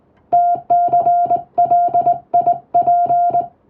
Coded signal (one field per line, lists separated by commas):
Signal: Morse code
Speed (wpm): 20 wpm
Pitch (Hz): 700 Hz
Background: music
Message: TCLIP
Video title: 心地良いモールス信号！トンとツーで奏でるハーモニー！トンとツーで言葉を交わす！英語のモールス符号を打ってみました。練習にYouTubeの再生速度を設定して聞こう morse code practice